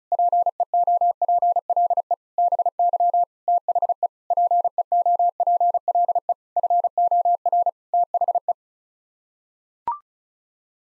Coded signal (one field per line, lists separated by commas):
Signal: Morse code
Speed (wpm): 36 wpm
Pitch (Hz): 700 Hz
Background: none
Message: PEOPLE BY THE PEOPLE FOR THE